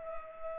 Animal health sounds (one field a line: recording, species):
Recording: mosquito wingbeat signal from an infrared sensor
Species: Culex pipiens